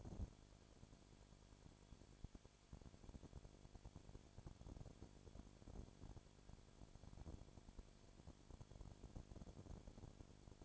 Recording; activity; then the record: daily activity, microphone in the room; no activity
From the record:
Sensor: 5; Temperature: 20.2 degrees Celsius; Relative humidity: 36.4%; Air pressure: 1001.2 hPa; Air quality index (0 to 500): 177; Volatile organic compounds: 4 ppm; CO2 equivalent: 1610 ppm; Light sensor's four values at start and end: 2/3/1/1 and 2/3/1/1